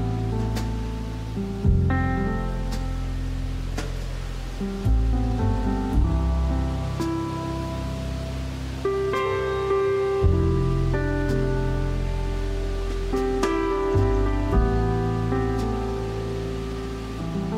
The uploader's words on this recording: Calming sounds of piano, rustling leaves, and fall wind.